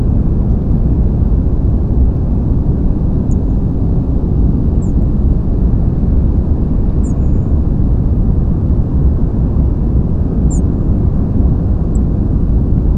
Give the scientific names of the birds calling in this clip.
Turdus philomelos, Erithacus rubecula